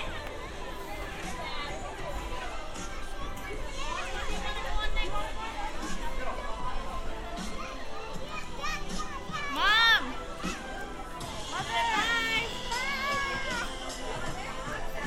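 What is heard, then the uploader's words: A binaural walk at Santa Monica Pier, full of overlapping voices from a busy crowd, with children's shouts and excited calls rising above the chatter. A loud high squeal or cry stands out near ten seconds, and another burst of shrieks follows around twelve seconds. Santa Monica Pier. A binaural field recording.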